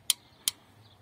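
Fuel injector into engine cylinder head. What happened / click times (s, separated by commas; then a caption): The injector knocked down into its seat / 0.1 s, 0.5 s. A diesel fuel injector on a 1.9 TDI AFN engine is pressed slowly down into its bore in the cylinder head with a rocker-type lever. Two sharp knocks are heard at 0.1 s and 0.5 s, and the injector is seated in place.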